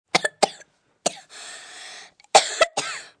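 An adult's acted choking cough: several sharp, irregular cough bursts, a strained wheezy inhalation, then more forceful coughs.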